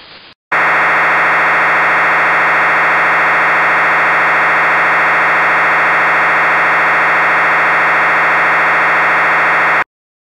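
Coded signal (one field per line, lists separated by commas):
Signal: fast PSK data mode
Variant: MSK144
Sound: steady harsh buzzing hiss of fast data for about nine seconds, abrupt start and stop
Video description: Demo of MSK144 from WSJT talk at Ham Radio 2.0 2018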